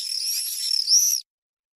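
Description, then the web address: Common swift response call, a thin, high, drawn-out buzzy scream lasting just over a second, slightly rising near the end, then silence. Response calls given by swifts on the nest. "Schulze Peter Common Swift responsecalls on Nest"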